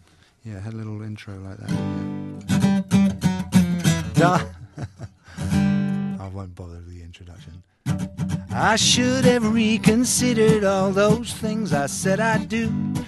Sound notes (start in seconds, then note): 4.2 soundbite of laughter; 8.2 singing